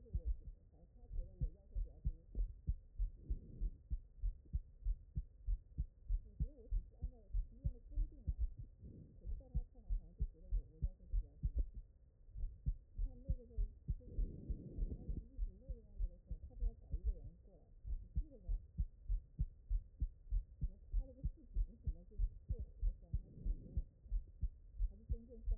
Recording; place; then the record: heart sounds by stethoscope; pulmonary valve (PV)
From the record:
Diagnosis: non-HFrEF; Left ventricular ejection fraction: 67%